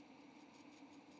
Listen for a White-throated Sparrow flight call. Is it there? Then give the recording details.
no. No flight call is heard. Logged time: 10:52 on 2 December 2014